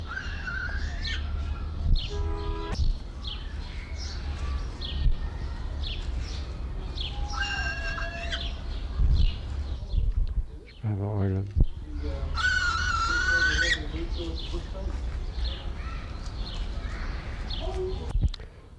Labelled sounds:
Northern Hawk-Owl (Surnia ulula)
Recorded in captivity
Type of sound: call, cry
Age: adult
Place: Zoo Berlin, Berlin, DE
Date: 1994-05-21 11:35
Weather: heiter, 12-16°C
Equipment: Marantz CP 430, Sennheiser ME 80, Kopie Uher Variocord 263
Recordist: Tembrock, Günter
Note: Langlaute - Entfernung 5 m

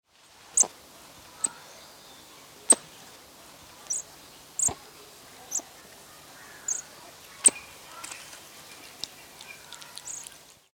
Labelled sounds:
White-faced Saki (Pithecia pithecia)
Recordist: Tembrock, Günter
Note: Laute in Gruppe

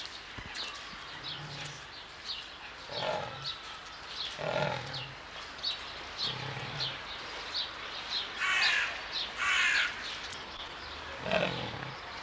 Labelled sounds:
Leopard (Panthera pardus)
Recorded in captivity
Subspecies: orientalis
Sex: male
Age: adult
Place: Zoo Berlin, Berlin, DE
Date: 1995-03-04 13:14
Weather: heiter bis wolkig, 1 - 5 °C
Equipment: Marantz CP 130, Sennheiser ME 80, Kopie Uher Variocord 263
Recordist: Tembrock, Günter

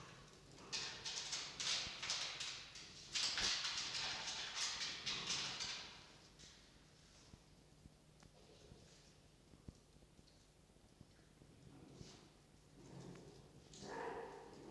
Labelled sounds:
Red Fox (Vulpes vulpes)
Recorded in captivity
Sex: pair
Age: adult
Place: Zoologisches Institut der HUB, Berlin, DE
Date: 1953-02-13 19:35
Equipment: Elmetra
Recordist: Tembrock, Günter

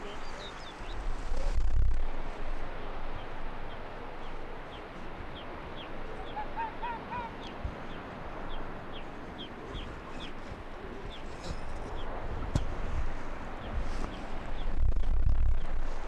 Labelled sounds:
Arctic Fox (Vulpes lagopus)
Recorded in the wild
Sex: male
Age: adult
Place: Insel Mednyi, Kommandeur-Inseln, RU
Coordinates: 54.5167, 168.083
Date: 1999-07-15 20:14
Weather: Nebel, 7°C, schwacher Nordwind
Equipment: Sony WM-D6C, Sennheiser ME 80, K 30 AV, Windkorb, Kopie Tascam DA 30
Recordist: Jakupi, Antje

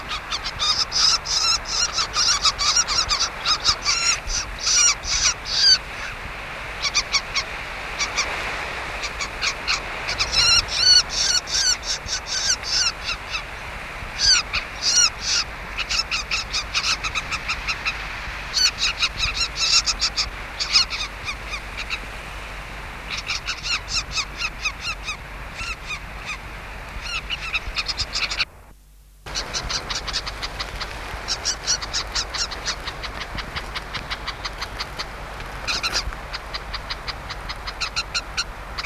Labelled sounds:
Red-backed Shrike (Lanius collurio) call
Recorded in the wild
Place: Grippel (Langendorf), Niedersachsen, DE
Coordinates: 52.8167, 12.1223
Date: 1979-07-07
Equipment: Halbspur, 9,5 cm/s
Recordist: Lütgens, Hans
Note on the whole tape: Junge offenbar gerade aus dem Nest, sitzen in Brombeerhecke nur zwei Meter vor Lütgens, zunächst rufen sie allein, dann warnt der Alte, sie rufen weiter, am Ende werden sie gefüttert

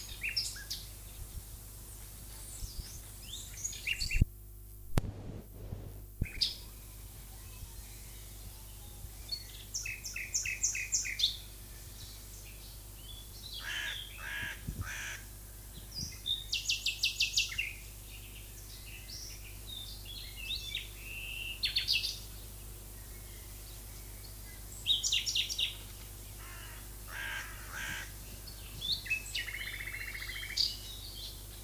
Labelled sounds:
Common Nightingale (Luscinia megarhynchos) song
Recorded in the wild
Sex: male
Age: adult
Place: Lübars (Fließtal), Berlin, DE
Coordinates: 52.6175, 13.3625
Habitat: wood
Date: 2004-05-02 12:30
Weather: overcast, 15°C
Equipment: Fair Mate ST-1328 (Asahi Electronics, Japan), Sennheiser ME 80, Kopie Uher 4000 Report Monitor
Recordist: Tembrock, Günter

